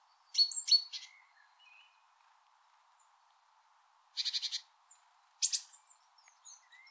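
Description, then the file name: Great tit calling: a short cluster of high chirps, then later two buzzy rasping bursts, with a faint steady hum beneath. "Parus major"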